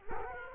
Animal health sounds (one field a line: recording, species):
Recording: mosquito wingbeat signal from an infrared sensor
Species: Culex quinquefasciatus